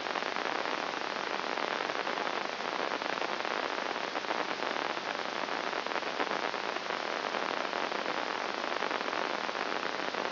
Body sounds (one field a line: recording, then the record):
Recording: brain microelectrode recording played as sound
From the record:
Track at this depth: outside the subthalamic nucleus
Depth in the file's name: 0.308 mm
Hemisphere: left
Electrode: 2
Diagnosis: Parkinson's disease